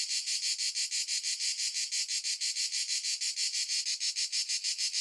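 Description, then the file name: Cicada song of harsh high pulses in a rapid, even rhythm, sustained from start to end. A single cicada recorded at noon in the Italian countryside. "single cicada noon countryside italy"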